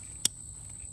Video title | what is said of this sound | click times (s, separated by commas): SILKY POCKET BOY 130MM AND 170MM | clicks right into place the locking mechanism mechanism is really nice on it | 0.3 s